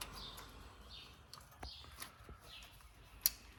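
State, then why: Seated. During reinstallation of the wheel hub on a 2013–2018 Ford Focus, a plastic wheel-speed sensor plug is pushed by hand into its harness connector at the hub while a light is held on it. Faint chirpy background sounds and a few small knocks lead up to one sharp, loud click at 3.3 s. The connector is seated and did not break.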